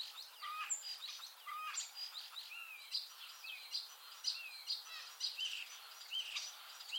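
Common starling chatter: dense, continuous mix of clicks, rattles and slurred whistles rising and falling, with no breaks.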